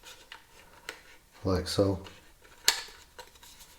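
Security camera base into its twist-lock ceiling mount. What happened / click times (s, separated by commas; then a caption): The camera is being handled against its mount but has not yet locked / none. A Victure SC210 wireless security camera base is handled against its plastic twist-lock ceiling mount, with faint taps near 0.3 s and 0.9 s and a louder sharp knock at 2.7 s, while someone talks briefly. Nothing has seated or locked into the mount yet.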